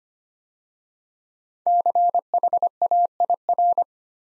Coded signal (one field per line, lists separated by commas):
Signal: Morse code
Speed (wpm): 25 wpm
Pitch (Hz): 700 Hz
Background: none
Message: CHAIR